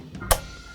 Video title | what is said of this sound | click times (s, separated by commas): Guitarist - Mount Your Wah Pedal To Your Pedalboard with PEDALOCK | the front just clips over and it snaps in place | 0.3 s